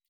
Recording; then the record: hydrophone in a shrimp aquaculture tank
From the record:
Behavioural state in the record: weakened